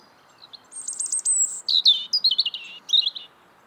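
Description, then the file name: European robin singing one liquid, wavering phrase that begins with a few soft notes, then a very high shimmering trill, and tumbles into quick descending twitters and flourishes. "European Robin Erithacus rubecula"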